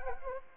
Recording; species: mosquito wingbeat signal from an infrared sensor; Anopheles arabiensis